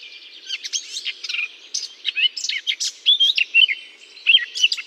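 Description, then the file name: Eurasian blackcap song, a rapid warbling run of varied chattering and whistled notes, high-pitched, continuing almost without pause throughout. Singing in holly. "chant de fauvette a tete noire dans houx"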